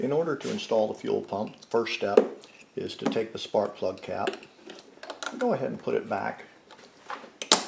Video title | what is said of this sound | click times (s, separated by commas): Gidrox 6000 Extended Run Time Fuel Kit Install by Pinellas Power Products | where it was originally installed and make sure you feel it snap into place properly. | 7.4 s, 7.5 s